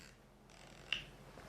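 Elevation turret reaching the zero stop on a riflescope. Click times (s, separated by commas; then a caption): 0.9 s. The elevation turret of a Vortex Viper PST Gen II riflescope is dialed back down to zero and comes up against its built-in mechanical zero stop. A single short, sharp metallic click is heard at 0.9 s over a quiet background, and the turret stops there. This confirms the zero stop has seated.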